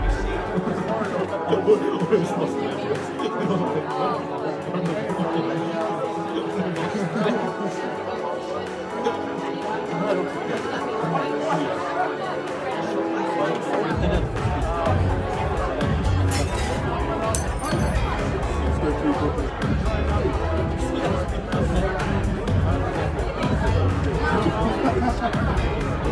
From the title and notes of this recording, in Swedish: Baren. En timme sorlande barljud.